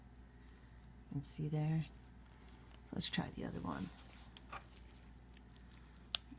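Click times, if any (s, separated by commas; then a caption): none. Someone talks while pushing the second metal wire terminal into the plastic voltage regulator connector housing on a 1998–2005 Mercedes W163 ML350/ML500. Only faint handling ticks and one sharp tick near 6.2 s are heard. The terminal has not snapped or seated, because it was not pushed all the way down.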